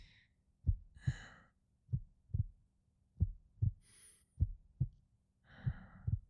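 An adult woman's heartbeat heard close to the chest. Normal heartbeat.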